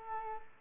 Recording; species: mosquito wingbeat signal from an infrared sensor; Aedes aegypti